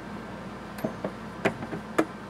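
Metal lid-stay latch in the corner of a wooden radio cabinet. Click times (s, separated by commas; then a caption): 1.5 s, 2.0 s. On an antique wooden RCA Radiola 44 Model 594 radio cabinet, the lid is moved to the right and the metal lid-stay latch in the corner locks to hold the cover up. A few faint taps come first, then sharp metallic clicks at 1.5 s and 2.0 s as the latch seats into place.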